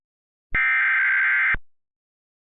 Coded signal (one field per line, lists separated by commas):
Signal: Emergency Alert System (SAME) tones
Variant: header bursts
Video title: EAS Recreation Mock: "The widest tornado in history" - El Reno, 2013 | #MockMasterChallenge (1 of 2)